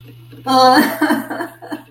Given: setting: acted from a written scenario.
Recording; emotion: vocal sound without words; sadness